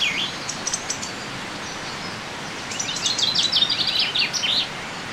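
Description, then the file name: Common chaffinch song: one descending trill with a closing flourish in the second half, after faint notes, over constant noisy background. "Fringilla coelebs"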